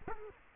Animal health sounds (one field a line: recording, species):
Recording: mosquito wingbeat signal from an infrared sensor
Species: Culex quinquefasciatus